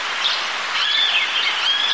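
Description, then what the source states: Birds twittering in a short burst of overlapping high chirps and a thin whistle, set against soft wind hiss. Birds with gentle wind blowing.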